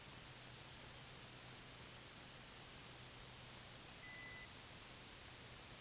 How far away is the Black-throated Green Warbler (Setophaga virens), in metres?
about 55 m